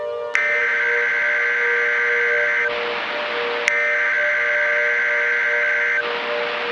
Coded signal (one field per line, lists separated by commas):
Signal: Emergency Alert System (SAME) tones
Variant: header bursts